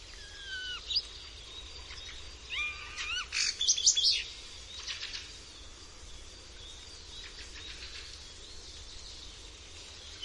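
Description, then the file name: Common starling song opens with scattered whistles and slurred notes, then a dense rattling burst of clicks and squeaks around the middle before it trails off into quiet. "Szpak"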